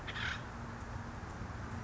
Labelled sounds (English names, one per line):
Acorn Woodpecker